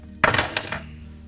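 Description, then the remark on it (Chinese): Metal room keys clink and jingle in a short burst as they are handed over, a sharp bright jangle at first followed by a couple of lighter rattles as they settle, with no one speaking. “拿着房间钥匙。”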